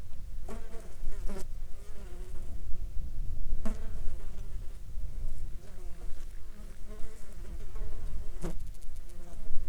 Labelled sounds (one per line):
insects